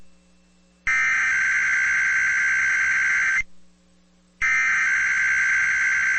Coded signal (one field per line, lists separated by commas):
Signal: Emergency Alert System (SAME) tones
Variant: header bursts